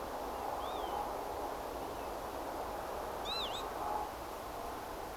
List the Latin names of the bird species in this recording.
Vanellus vanellus